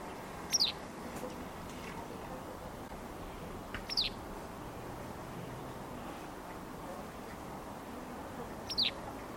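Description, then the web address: Bird calls: three short, sharp descending chirps a few seconds apart over a steady hiss of background noise. "cianscape birddata Deverinetal 2025"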